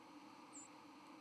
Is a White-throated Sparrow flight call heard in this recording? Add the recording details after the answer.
yes. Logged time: 08:56 on 31 October 2014